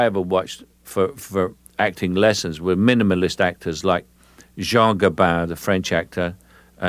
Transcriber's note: none